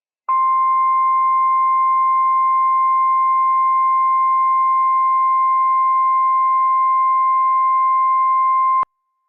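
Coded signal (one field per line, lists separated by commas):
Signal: Emergency Alert System (SAME) tones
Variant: 1050 Hz attention tone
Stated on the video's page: NOAA weather radio Required Weekly Test from the NWS in Pendleton, Oregon for Washington counties; live operational EAS tones.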